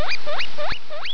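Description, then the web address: Guinea pig squealing: several upward-sweeping whistled wheeks in quick succession, each climbing steeply in pitch. "meerschweine schwein"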